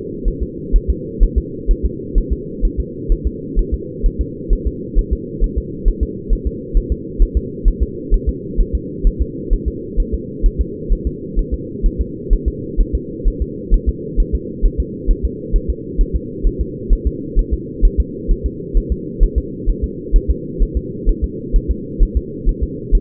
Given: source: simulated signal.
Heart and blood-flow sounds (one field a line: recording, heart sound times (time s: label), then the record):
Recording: fetal heart sounds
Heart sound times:
0.28 s: S1
0.43 s: S2
0.76 s: S1
0.90 s: S2
1.23 s: S1
1.38 s: S2
1.71 s: S1
1.85 s: S2
2.18 s: S1
2.33 s: S2
2.65 s: S1
2.80 s: S2
3.12 s: S1
3.27 s: S2
3.59 s: S1
3.74 s: S2
4.06 s: S1
4.21 s: S2
4.53 s: S1
4.67 s: S2
4.99 s: S1
5.13 s: S2
5.44 s: S1
5.58 s: S2
5.88 s: S1
6.03 s: S2
6.33 s: S1
6.47 s: S2
6.77 s: S1
6.92 s: S2
7.22 s: S1
7.37 s: S2
7.68 s: S1
7.82 s: S2
8.14 s: S1
8.29 s: S2
8.60 s: S1
8.75 s: S2
9.07 s: S1
9.21 s: S2
9.53 s: S1
9.68 s: S2
10.00 s: S1
10.14 s: S2
10.46 s: S1
10.61 s: S2
10.92 s: S1
11.07 s: S2
11.39 s: S1
11.54 s: S2
11.86 s: S1
12.01 s: S2
12.33 s: S1
12.48 s: S2
12.81 s: S1
12.95 s: S2
13.27 s: S1
13.42 s: S2
13.74 s: S1
13.89 s: S2
14.20 s: S1
14.35 s: S2
14.65 s: S1
14.80 s: S2
15.11 s: S1
15.25 s: S2
15.56 s: S1
15.70 s: S2
16.01 s: S1
16.16 s: S2
16.47 s: S1
16.61 s: S2
16.93 s: S1
17.07 s: S2
17.39 s: S1
17.53 s: S2
17.85 s: S1
18.00 s: S2
18.31 s: S1
18.46 s: S2
18.77 s: S1
18.92 s: S2
19.23 s: S1
19.38 s: S2
19.69 s: S1
19.84 s: S2
20.16 s: S1
20.30 s: S2
20.62 s: S1
20.77 s: S2
21.09 s: S1
21.24 s: S2
21.56 s: S1
21.71 s: S2
22.02 s: S1
22.17 s: S2
22.49 s: S1
22.63 s: S2
22.95 s: S1
From the record:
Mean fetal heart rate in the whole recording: 130 bpm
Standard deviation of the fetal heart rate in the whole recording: 2 bpm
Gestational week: 38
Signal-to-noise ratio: -4.1 dB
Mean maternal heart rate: no maternal heart sound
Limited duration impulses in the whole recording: absent